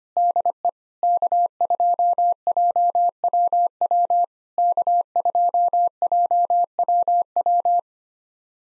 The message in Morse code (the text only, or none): DE K2JWW K2JWW